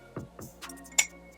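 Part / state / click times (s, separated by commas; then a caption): magnetic cap onto perfume bottle / seated / 1.0 s. A magnetic cap is fitted onto a perfume bottle the correct way round, the only orientation in which it will snap on. Two soft low knocks come at about 0.2 and 0.4 seconds, then the cap snaps on with a sharp, bright click at 1.0 seconds. It is seated.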